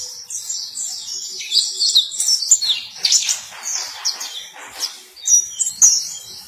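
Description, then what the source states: White-eye song: thin, high twittered phrases of quick chirps and warbles, in bursts separated by short lulls. Long, melodious song.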